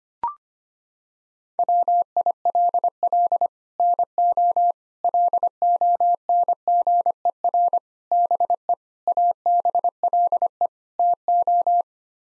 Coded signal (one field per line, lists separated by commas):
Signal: Morse code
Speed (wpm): 25 wpm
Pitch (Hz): 700 Hz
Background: none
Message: WILL NO LONGER BE ABLE TO